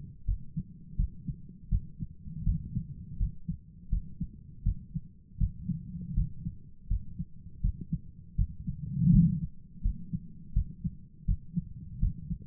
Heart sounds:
heart sounds by stethoscope; 82 bpm
0.25 s: heartbeat
0.95 s: heartbeat
1.69 s: heartbeat
2.43 s: heartbeat
3.17 s: heartbeat
3.89 s: heartbeat
4.63 s: heartbeat
5.37 s: heartbeat
6.13 s: heartbeat
6.87 s: heartbeat
7.60 s: heartbeat
8.35 s: heartbeat
9.10 s: heartbeat
9.81 s: heartbeat
10.53 s: heartbeat
11.25 s: heartbeat
11.99 s: heartbeat
From the record:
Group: healthy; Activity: rest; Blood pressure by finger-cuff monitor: 165/85 mmHg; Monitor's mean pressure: 103 mmHg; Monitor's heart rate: 82 bpm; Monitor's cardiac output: 8.4 L/min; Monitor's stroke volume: 102 mL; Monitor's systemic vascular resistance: 900 dyn s/cm5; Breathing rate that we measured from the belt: 19 breaths a minute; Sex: male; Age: 57 years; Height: 188 cm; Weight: 106 kg

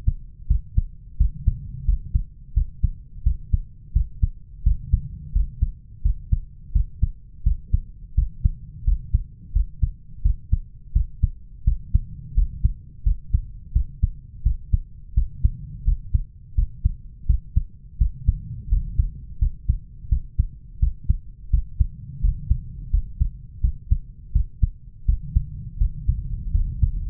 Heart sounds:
heart sounds by stethoscope; 85 bpm
0.50 s: heartbeat
1.20 s: heartbeat
1.88 s: heartbeat
2.56 s: heartbeat
3.26 s: heartbeat
3.95 s: heartbeat
4.66 s: heartbeat
5.35 s: heartbeat
6.05 s: heartbeat
6.75 s: heartbeat
7.46 s: heartbeat
8.17 s: heartbeat
8.87 s: heartbeat
9.55 s: heartbeat
10.25 s: heartbeat
10.95 s: heartbeat
11.67 s: heartbeat
12.37 s: heartbeat
13.06 s: heartbeat
13.75 s: heartbeat
14.45 s: heartbeat
15.16 s: heartbeat
15.87 s: heartbeat
16.57 s: heartbeat
17.29 s: heartbeat
18.00 s: heartbeat
18.71 s: heartbeat
19.41 s: heartbeat
20.11 s: heartbeat
20.82 s: heartbeat
21.52 s: heartbeat
22.23 s: heartbeat
22.93 s: heartbeat
23.63 s: heartbeat
24.35 s: heartbeat
25.08 s: heartbeat
25.80 s: heartbeat
26.54 s: heartbeat
From the record:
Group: healthy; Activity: rest 0-26 s, Valsalva maneuver 26-27 s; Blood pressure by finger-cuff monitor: 132/80 mmHg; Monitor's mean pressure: 98 mmHg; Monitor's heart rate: 85 bpm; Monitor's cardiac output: 7.5 L/min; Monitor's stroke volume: 87 mL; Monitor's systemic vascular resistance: 970 dyn s/cm5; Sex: male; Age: 21 years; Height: 175 cm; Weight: 72.6 kg

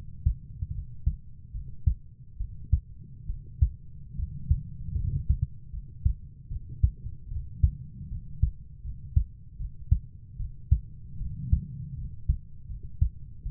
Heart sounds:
heart sounds by stethoscope; 76 bpm
0.73 s: heartbeat
1.53 s: heartbeat
2.38 s: heartbeat
3.28 s: heartbeat
4.17 s: heartbeat
4.96 s: heartbeat
5.72 s: heartbeat
6.49 s: heartbeat
7.30 s: heartbeat
8.09 s: heartbeat
8.83 s: heartbeat
9.58 s: heartbeat
10.38 s: heartbeat
11.19 s: heartbeat
11.96 s: heartbeat
12.68 s: heartbeat
13.44 s: heartbeat
From the record:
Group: healthy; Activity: cold pressor test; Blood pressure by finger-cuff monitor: 105/51 mmHg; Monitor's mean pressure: 71 mmHg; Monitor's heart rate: 75 bpm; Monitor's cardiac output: 7.9 L/min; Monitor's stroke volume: 108 mL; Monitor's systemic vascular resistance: 640 dyn s/cm5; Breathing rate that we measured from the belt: 16 breaths a minute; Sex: female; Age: 22 years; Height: 160 cm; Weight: 63 kg

